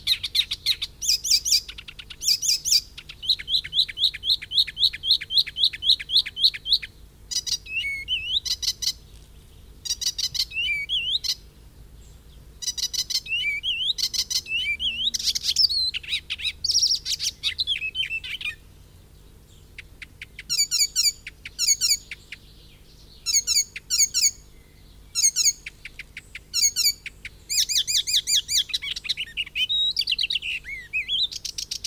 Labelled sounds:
Icterine Warbler (Hippolais icterina) song

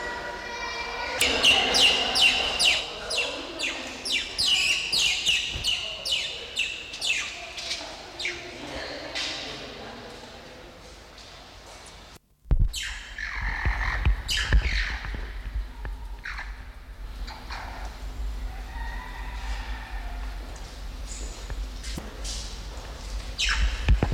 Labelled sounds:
Banded Mongoose (Mungos mungo)

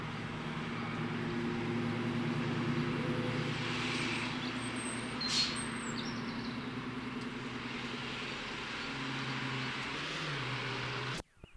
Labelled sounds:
European Robin (Erithacus rubecula) song

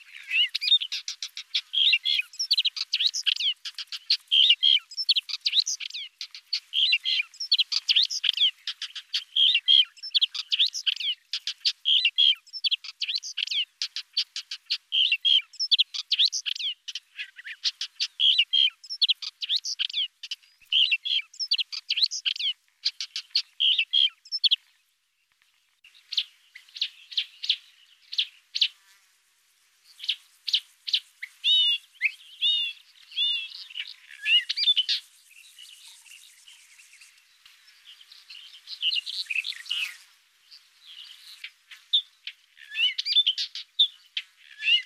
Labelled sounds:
Upcher's Warbler (Hippolais languida) song

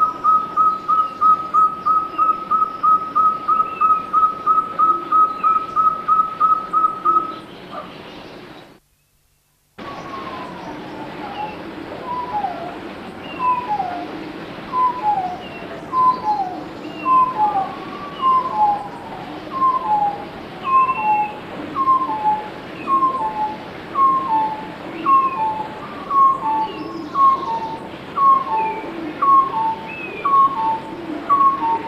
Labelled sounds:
Chestnut-bellied Partridge (Arborophila javanica) call

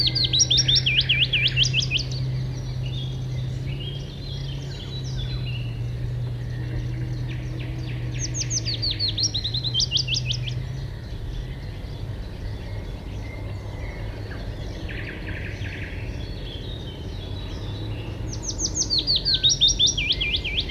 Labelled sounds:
Willow Warbler (Phylloscopus trochilus) song

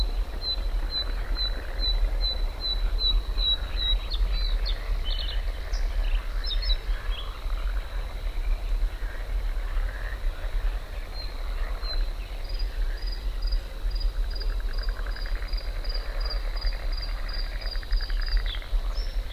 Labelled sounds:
Bluethroat (Luscinia svecica) song

